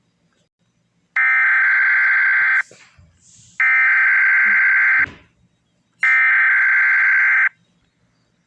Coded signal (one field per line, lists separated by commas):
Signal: Emergency Alert System (SAME) tones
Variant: header bursts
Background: speech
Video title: Vodalony Province's Eas Alarm's (Bonus!!)